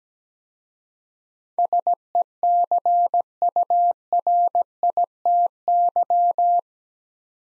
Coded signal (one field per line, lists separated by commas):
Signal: Morse code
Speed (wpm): 17 wpm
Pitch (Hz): 700 Hz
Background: none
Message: SECURITY